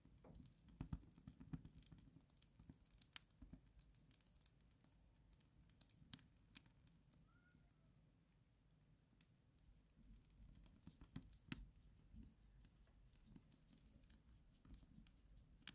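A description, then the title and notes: Someone starting a fire, with irregular sharp snaps and crackles over a low rustling rumble, busiest early and again near twelve seconds. From winter in Sweden. Firestarting.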